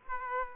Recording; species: mosquito wingbeat signal from an infrared sensor; Aedes aegypti